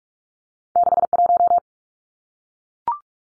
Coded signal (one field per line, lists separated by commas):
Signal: Morse code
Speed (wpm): 44 wpm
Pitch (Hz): 700 Hz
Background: none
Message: 61